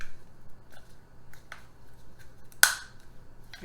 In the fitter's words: that snap and i'm